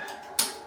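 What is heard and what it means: A new metal brake pad abutment clip is pushed down into the caliper bracket of a Hyundai Santa Fe and popped into place. A sharp, bright click at 0.4 s rises well above a low background hum and fades over the next few tenths of a second. The clip is seated.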